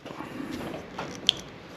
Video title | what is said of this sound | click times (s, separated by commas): Light that has it all - Coolness, Safety and Swag for Can-Am Spyder RT and F3 | put this in one side until you hear a click. | 1.3 s